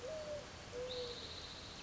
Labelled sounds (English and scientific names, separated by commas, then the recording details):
Mourning Dove (Zenaida macroura)
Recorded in Sonoma County, California